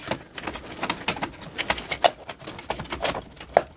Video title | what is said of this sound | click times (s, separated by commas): Crucial T500 Pro NVMe M 2 SSD Installation Asus Prime X 570 P Setup in Windows 11 Part 2 | Until it clicks. There should be a click. | 3.6 s